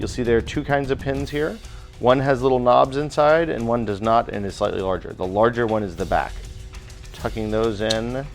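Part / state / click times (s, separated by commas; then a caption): plastic back pins into a 3D-printed cassette-style case / not seated / none. Someone talks while handling the two larger back pins of a 3D-printed cassette-shaped MP3 player case, tucking them toward their holes in the plastic shell, with music playing underneath. Nothing has snapped into place or seated yet by the end of the clip.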